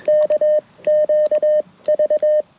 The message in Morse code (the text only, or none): K QV